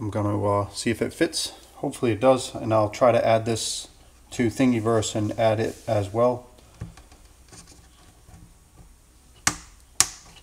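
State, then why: Seated. Someone talks as a 3D-printed PETG plastic retaining clip is pushed onto the MAP sensor in the intake manifold of a Chevy TBSS. Sharp clicks ring out at 9.5 s and 10.0 s as the clip snaps into place and seats.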